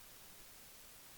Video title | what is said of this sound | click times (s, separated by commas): Apprendre à réparer les cartes mères des tours de PC / Ordinateurs de bureau. La suite. | Voilà, donc je ne peux pas le clipser sur la carte mère. | none